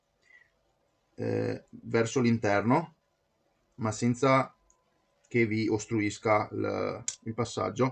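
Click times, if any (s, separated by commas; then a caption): none. After repair, the plastic housing of a game controller is handled before being pressed closed onto its shell with its standard snap clips. Someone talks throughout, with only faint handling noise between phrases. Nothing has seated or clicked yet.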